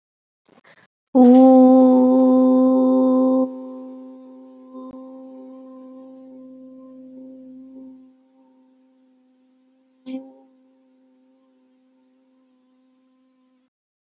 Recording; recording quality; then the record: sustained vowel as in boot; excellent, no background noise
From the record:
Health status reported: COVID-19 positive, no symptoms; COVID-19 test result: positive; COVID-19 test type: RT-PCR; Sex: female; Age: 25 years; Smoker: no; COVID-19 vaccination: both doses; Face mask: not worn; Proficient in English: yes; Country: India